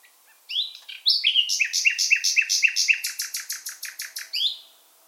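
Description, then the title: Common nightingale song: a few short opening whistles, then a fast run of many repeated throbbing notes, loud and clear over a quiet background. African migrant species; bird singing in full voice. "LS REVISITED - NIGHTINGALE IN FULL VOICE"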